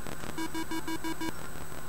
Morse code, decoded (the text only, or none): none